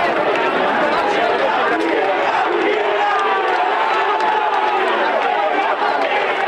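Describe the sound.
A large crowd of protesters at a demonstration shouts "shame, fascists, go away" at the Black Bloc in a dense, unbroken roar of many overlapping voices, loud and steady throughout, with occasional raised cries standing out from the mass.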